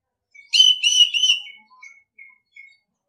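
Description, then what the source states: Orange-headed thrush singing one loud rich phrase of slurred whistled notes, followed by three thin, quiet whistles trailing off. Training recording (masteran) of orange-headed thrush song for birds to learn from; song style called ngeplong.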